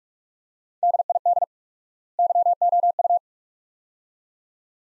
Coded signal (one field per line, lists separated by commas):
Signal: Morse code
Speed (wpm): 47 wpm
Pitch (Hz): 700 Hz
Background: none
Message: DID YOU